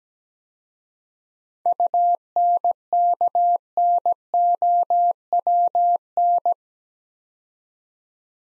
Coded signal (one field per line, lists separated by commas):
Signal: Morse code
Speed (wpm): 17 wpm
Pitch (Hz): 700 Hz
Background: none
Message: UNKNOWN